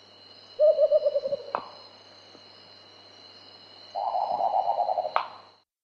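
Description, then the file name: Marbled frogmouth trilling twice, each burst a quick run of pulsed hoots that ends in a sharp snapping click, with a quiet pause between and a constant insect drone. Papua New Guinea. "Poda Ocel Sam 2010"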